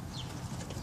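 A headlight switch connector on a 2007-2012 GMC Acadia is handled while it is being pushed into the headlight switch during an ignition switch replacement. A steady low rumble with faint shuffling runs through the clip, with no distinct impacts. The connector has not yet clicked into place.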